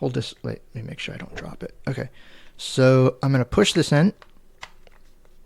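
A plastic game cartridge is being handled at the side slot of a handheld audio game console, ready to be pushed in until it latches. Someone talks for most of the clip, and a few faint, sharp taps follow near the end. Nothing has seated or clicked yet.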